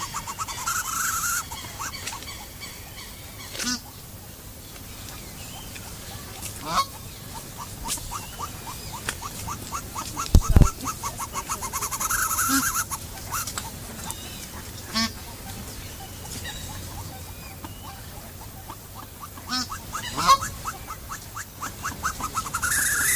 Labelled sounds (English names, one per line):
Andean Goose call